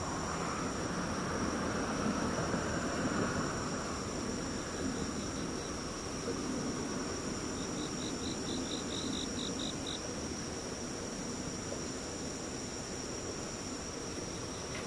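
Insects sing in a steady, continuous chorus, with a high, thin drone running through the whole recording. Around the middle, a brief run of quick, regular chirps rises above it and then stops. A low rumble stays underneath throughout, like distant traffic.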